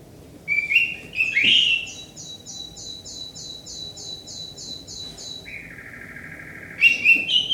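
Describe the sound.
Nightingale song, a rising whistled phrase followed by a long series of rapid, evenly repeated high notes, then a lower steady whistle and further bright phrases.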